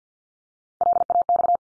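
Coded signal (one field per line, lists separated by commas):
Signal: Morse code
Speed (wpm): 50 wpm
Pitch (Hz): 700 Hz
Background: none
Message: LAX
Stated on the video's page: Morse head-copy drill of ARRL section abbreviations used in Field Day exchanges, at 50 wpm, each sent, then spoken, then sent again.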